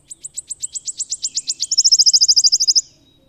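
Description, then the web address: Wood warbler song: high, dry notes speeding up into a fast shivering trill that lasts about a second, then stops abruptly; no other sounds. "Madardalok Cd 1-Sisegő füzike"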